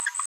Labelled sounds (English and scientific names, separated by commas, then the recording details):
Green-rumped Parrotlet (Forpus passerinus) babbling
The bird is a female
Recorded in a nest box in Venezuela
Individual 17B73B2